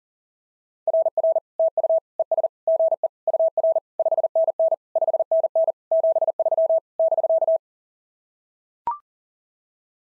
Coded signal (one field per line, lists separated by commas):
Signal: Morse code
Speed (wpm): 40 wpm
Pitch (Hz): 650 Hz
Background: none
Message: RR TU ES GE UR 5NN 5NN 73 <BK>